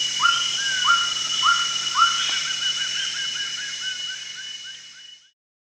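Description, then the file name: Greater racket-tailed drongo calls: four rising whistled notes about every half second, then a fast run of softer repeated looping notes fading out, over steady insect buzzing. Recorded at Danum, apparently on 1 January 2008. "DANUM 20080101"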